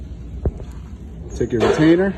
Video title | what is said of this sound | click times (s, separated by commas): P0650 MIL circuit fault | And all you do, you just push it in until it clicks, | 0.5 s